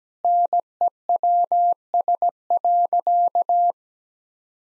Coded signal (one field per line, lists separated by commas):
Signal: Morse code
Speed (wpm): 17 wpm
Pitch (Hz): 700 Hz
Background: none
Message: NEWS.